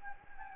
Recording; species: mosquito wingbeat signal from an infrared sensor; Anopheles gambiae